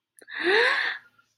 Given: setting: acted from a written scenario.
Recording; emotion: vocal sound without words; positive surprise